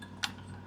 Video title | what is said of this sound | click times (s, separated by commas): 2019-2025 Toyota RAV4 Accessories - KINGGERI Roof Racks Cross Bars Installation | and locks into place, it just takes a little time to get it on there | 0.2 s